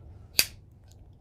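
A plastic shelf clip is pushed onto the bottom leg, a metal pole, of an Amazon Basics 4-shelf heavy-duty shelving unit and snaps on with a single sharp crack at 0.4 s, followed by a very faint tick near 0.9 s. The clip is seated on the leg.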